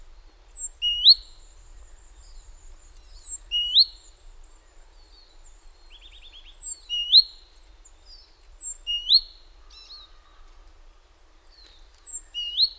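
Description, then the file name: Great tit phrases: a thin high note then a sharp rising whistle, given five times at uneven intervals, with a brief buzzy trill mid-way and other faint chirps. "Parus major"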